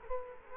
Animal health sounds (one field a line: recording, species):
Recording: mosquito wingbeat signal from an infrared sensor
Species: Culex quinquefasciatus